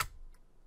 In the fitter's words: there they are they're locked in